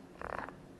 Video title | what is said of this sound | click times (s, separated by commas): Unboxing Moulinex i companion xl touch | Hop, on entend un petit clic. | 0.2 s, 0.4 s